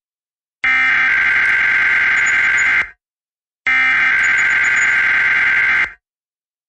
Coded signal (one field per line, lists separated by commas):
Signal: Emergency Alert System (SAME) tones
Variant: header bursts